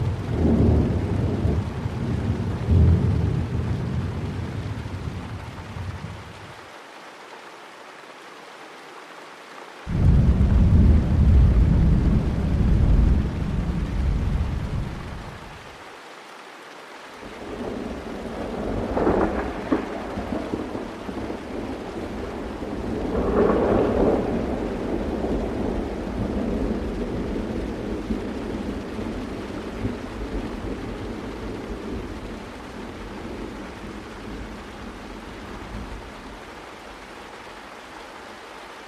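Steady rain hisses throughout while deep thunder rumbles roll in waves, loudest at the start and again around ten seconds, each fading out. Later, quieter rumbles swell near twenty and twenty-four seconds over a low, constant drone as the rain continues.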